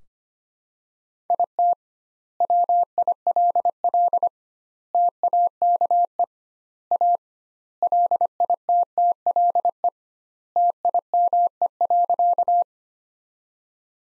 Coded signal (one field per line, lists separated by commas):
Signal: Morse code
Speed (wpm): 25 wpm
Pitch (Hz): 700 Hz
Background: none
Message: IT WILL TAKE A LITTLE TIME.